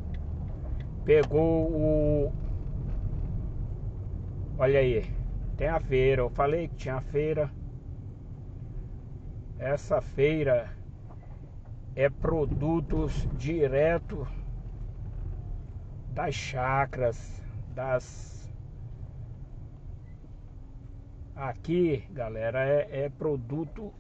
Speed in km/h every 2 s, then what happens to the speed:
30, 28, 24, 21, 17, 12, 16, 14, 12, 7, 7, 5.
0-9 slows to 12. 13-24 slows to 5.